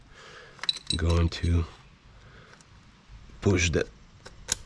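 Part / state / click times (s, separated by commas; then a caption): hose quick-connect fitting onto engine vacuum/PCV port / seated / 4.5 s. While a catch can is installed on a Hellcat Challenger, a hose's quick-connect fitting is pushed onto its engine vacuum/PCV port as someone talks. A few brief metallic clinks come early, then one sharp click at 4.5 s as the fitting seats.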